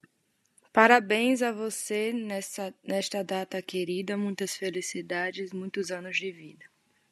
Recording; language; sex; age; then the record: short text; Brazilian Portuguese; female; 20 to 29 years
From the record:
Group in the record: control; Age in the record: 27 years